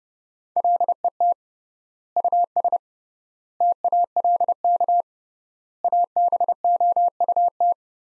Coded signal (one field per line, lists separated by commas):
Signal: Morse code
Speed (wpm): 30 wpm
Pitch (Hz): 700 Hz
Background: none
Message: LET US TALK ABOUT